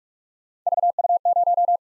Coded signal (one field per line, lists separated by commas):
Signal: Morse code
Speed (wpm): 47 wpm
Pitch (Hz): 700 Hz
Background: none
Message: VU0